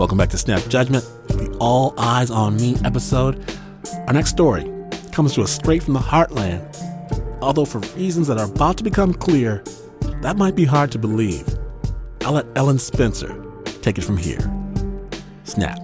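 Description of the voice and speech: One adult man speaks in a fluent, even announcer's delivery with a medium-low voice, natural pitch movement and brief pauses between phrases. Articulation is clear and the voice is smooth, with no stuttering, slurring or hoarseness. Quiet background music plays underneath.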